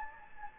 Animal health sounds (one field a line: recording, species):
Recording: mosquito wingbeat signal from an infrared sensor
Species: Anopheles gambiae